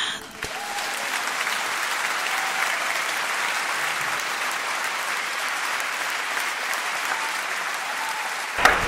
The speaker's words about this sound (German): Ich befinde mich hier in der Innenstadt von Barcelona. Die Kulisse, die wir hören, ist der Applaus. Heute nicht ganz so spontan. Es ist 20 Uhr. Es ist Sonntag, der 15. März 2020.